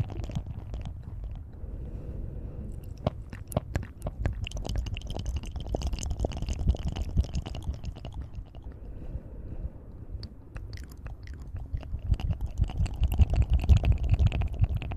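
Wet mouth sounds with steady chewing and soft clicks, dense and continuous, with brief bright sharp pops scattered throughout and a quieter stretch around ten seconds.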